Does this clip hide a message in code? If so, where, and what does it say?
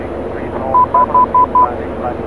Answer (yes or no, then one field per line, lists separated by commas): no